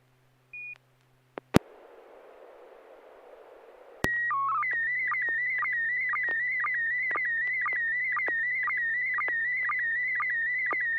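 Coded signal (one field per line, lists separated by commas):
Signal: SSTV (slow-scan television)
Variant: PD120 mode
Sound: short beep, radio hiss, then leader tones and a warbling scanning tone with regular ticks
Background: radio static, mains hum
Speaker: uh Bill thank you yes I do so it's uh pd120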